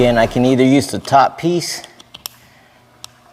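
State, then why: Seated. Someone talks while the top piece of a tile leveling spacer, its leveling cap, is pushed down onto the plastic strap of the leveling clip over large porcelain tile panels. The cap ratchets downward with sharp clicks at 2.2, 2.3 and 3.0 seconds as it goes down. It ends up seated.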